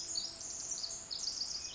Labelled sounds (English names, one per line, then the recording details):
Pacific Wren
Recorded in Sonoma County, California